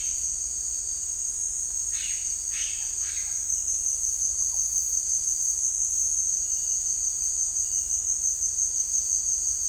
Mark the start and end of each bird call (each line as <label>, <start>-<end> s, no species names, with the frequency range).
bird call (0.8-5.1 kHz), 1.85-3.56 s